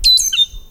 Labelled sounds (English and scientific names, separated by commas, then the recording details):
Stitchbird (Notiomystis cincta) song
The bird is a male
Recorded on Tiritiri Matangi Island, New Zealand, in 2005
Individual 16, of nest box 24